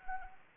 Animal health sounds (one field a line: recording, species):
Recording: mosquito wingbeat signal from an infrared sensor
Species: Anopheles arabiensis